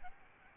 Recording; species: mosquito wingbeat signal from an infrared sensor; Aedes albopictus